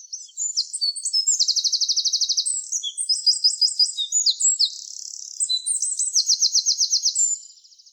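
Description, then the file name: Eurasian wren song, a continuous, energetic run of very high, fast trills and sharp twittering notes, with rattling sections repeated throughout. "Troglodytes troglodytes"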